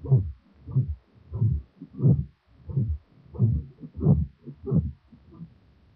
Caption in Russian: Грубый шум трения перикарда у больного после операции митральной комиссуротомии, зарегистрированный у основания мечевидного отростка, где этот шум лучше слышен во время вдоха.